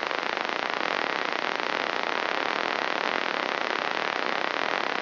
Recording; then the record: brain microelectrode recording played as sound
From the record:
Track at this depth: inside the subthalamic nucleus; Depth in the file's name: 2.51 mm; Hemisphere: left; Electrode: 3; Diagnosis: Parkinson's disease